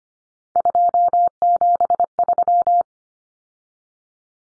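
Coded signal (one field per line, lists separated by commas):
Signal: Morse code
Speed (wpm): 25 wpm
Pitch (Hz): 700 Hz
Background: none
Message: 273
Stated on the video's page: Head-copy drill of common three-digit cut numbers at 25 wpm, with T, A, N standing for 0, 1, 9; each number sent twice.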